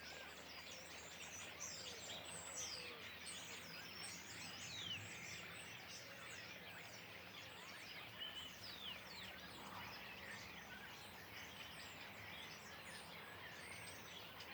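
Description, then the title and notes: Common starlings in a noisy flock, constant layered chirps, wheezy whistles and clicking notes that swell and fade slightly but never stop. Flock perched in trees beside a pond, Le Louroux, Indre-et-Loire, France; recorded in stereo ORTF with Sennheiser MKH8020 microphones, Rycote and a Sound Devices MixPre-6 II. "Le Louroux, Loches, Indre-et-Loire, Centre-Val de Loire, France métropolitaine, 37240, France - étourneaux sansonnet dans les arbres. Nuée d'étourneaux posés dans un arbre aux abords de l'étang du louroux"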